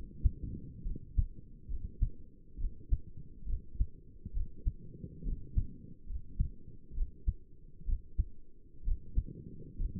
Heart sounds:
heart sounds by stethoscope; 67 bpm
0.86 s: heartbeat
1.69 s: heartbeat
2.59 s: heartbeat
3.48 s: heartbeat
4.35 s: heartbeat
5.26 s: heartbeat
6.09 s: heartbeat
6.96 s: heartbeat
7.87 s: heartbeat
8.86 s: heartbeat
9.79 s: heartbeat
From the record:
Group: healthy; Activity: rest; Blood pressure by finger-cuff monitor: 92/58 mmHg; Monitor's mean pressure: 74 mmHg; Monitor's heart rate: 65 bpm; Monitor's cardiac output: 6.6 L/min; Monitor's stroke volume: 97 mL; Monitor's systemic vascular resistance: 820 dyn s/cm5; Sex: male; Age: 22 years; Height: 181 cm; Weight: 79 kg

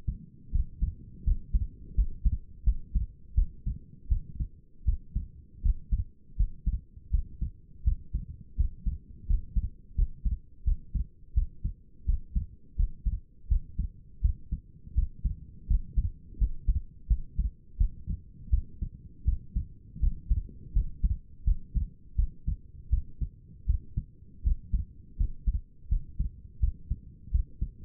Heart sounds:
heart sounds by stethoscope; 83 bpm
0.52 s: heartbeat
1.24 s: heartbeat
1.95 s: heartbeat
2.64 s: heartbeat
3.35 s: heartbeat
4.09 s: heartbeat
4.85 s: heartbeat
5.62 s: heartbeat
6.37 s: heartbeat
7.11 s: heartbeat
7.84 s: heartbeat
8.57 s: heartbeat
9.27 s: heartbeat
9.96 s: heartbeat
10.65 s: heartbeat
11.34 s: heartbeat
12.06 s: heartbeat
12.76 s: heartbeat
13.48 s: heartbeat
14.22 s: heartbeat
14.95 s: heartbeat
15.67 s: heartbeat
16.38 s: heartbeat
17.08 s: heartbeat
17.78 s: heartbeat
18.50 s: heartbeat
19.25 s: heartbeat
20.00 s: heartbeat
20.73 s: heartbeat
21.45 s: heartbeat
22.16 s: heartbeat
22.90 s: heartbeat
23.66 s: heartbeat
24.43 s: heartbeat
25.17 s: heartbeat
25.89 s: heartbeat
26.60 s: heartbeat
27.31 s: heartbeat
From the record:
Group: healthy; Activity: rest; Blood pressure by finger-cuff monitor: 119/78 mmHg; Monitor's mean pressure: 91 mmHg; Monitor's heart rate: 82 bpm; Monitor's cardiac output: 5.9 L/min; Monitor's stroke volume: 72 mL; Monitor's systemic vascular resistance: 1140 dyn s/cm5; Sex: female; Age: 37 years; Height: 168 cm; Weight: 70 kg

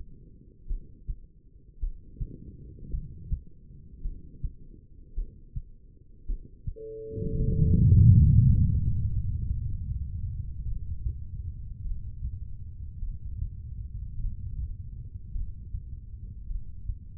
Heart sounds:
heart sounds by stethoscope; 53 bpm
0.67 s: heartbeat
1.79 s: heartbeat
2.90 s: heartbeat
4.01 s: heartbeat
5.14 s: heartbeat
6.25 s: heartbeat
7.36 s: heartbeat
8.43 s: heartbeat
9.48 s: heartbeat
10.64 s: heartbeat
11.81 s: heartbeat
12.99 s: heartbeat
14.15 s: heartbeat
15.32 s: heartbeat
16.46 s: heartbeat
From the record:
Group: heart failure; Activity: rest 0-7 s, breath hold 7-17 s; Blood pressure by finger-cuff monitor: 86/64 mmHg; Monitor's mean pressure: 72 mmHg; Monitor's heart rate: 54 bpm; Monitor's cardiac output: 2.6 L/min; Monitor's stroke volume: 48 mL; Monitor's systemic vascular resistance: 1990 dyn s/cm5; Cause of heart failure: non-ischemic cardiomyopathy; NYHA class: 1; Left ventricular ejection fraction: 52%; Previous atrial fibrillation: present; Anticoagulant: apixaban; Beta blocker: bisoprolol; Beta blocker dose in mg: 10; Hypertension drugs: sacubitril-valsartan, spironolactone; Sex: female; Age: 68 years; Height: 169 cm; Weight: 71 kg

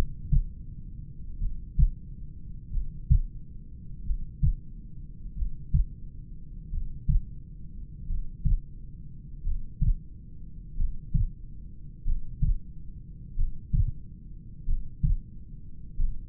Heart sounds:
heart sounds by stethoscope; 45 bpm
1.44 s: heartbeat
2.75 s: heartbeat
4.08 s: heartbeat
5.40 s: heartbeat
6.75 s: heartbeat
8.11 s: heartbeat
9.48 s: heartbeat
10.80 s: heartbeat
12.08 s: heartbeat
13.40 s: heartbeat
14.69 s: heartbeat
16.00 s: heartbeat
From the record:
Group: heart failure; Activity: breath hold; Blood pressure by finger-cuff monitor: 127/71 mmHg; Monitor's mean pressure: 83 mmHg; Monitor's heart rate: 44 bpm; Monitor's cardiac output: 4.9 L/min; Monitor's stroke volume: 110 mL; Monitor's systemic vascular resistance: 1220 dyn s/cm5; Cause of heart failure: familial cardiomyopathy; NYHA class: 1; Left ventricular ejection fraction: 49%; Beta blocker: bisoprolol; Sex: male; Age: 31 years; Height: 194 cm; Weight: 96 kg

